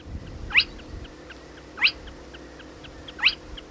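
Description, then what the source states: Spotted crake calls: three sharp, rising whip notes, each about 1.3 seconds apart, over a low background hum. Played example.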